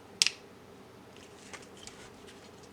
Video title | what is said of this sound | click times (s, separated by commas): 尼龙，为所欲为！变形金刚MS魔方小比例六面兽玩具开箱 | 外一边也是推到底，锁定，夹住。 | 0.2 s